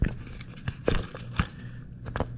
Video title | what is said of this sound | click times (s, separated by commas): Gen 1 Suzuki Hayabusa Miss (Part 5) - It’s Fixed! | There. It's almost like a little crunchy sound. | 1.4 s, 2.2 s